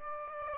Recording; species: mosquito wingbeat signal from an infrared sensor; Aedes aegypti